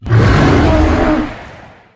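American black bear giving one harsh, deep roaring growl that swells quickly and then fades away over about two seconds.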